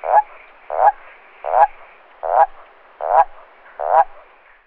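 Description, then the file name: Common toad call: six rough, pulsed croaks that swell and end abruptly, spaced about three-quarters of a second apart. "Bufo bufo"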